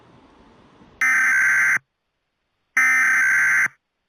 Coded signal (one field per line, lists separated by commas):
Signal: Emergency Alert System (SAME) tones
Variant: header bursts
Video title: EAS scenario-the doll